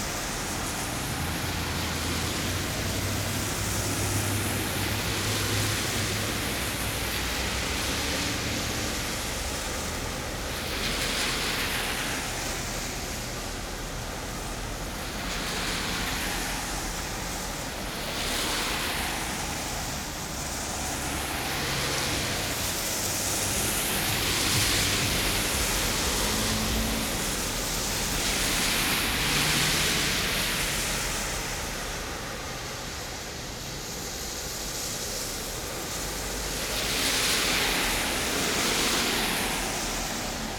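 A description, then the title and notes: Cars pass one after another on a wet road, each tire hiss swelling and fading over a few seconds, roughly every five to eight seconds. A steady rushing wash fills the gaps, with a low engine rumble underneath throughout. Cars Passing on a Rainy Day.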